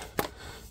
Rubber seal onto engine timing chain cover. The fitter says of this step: I heard it clicking.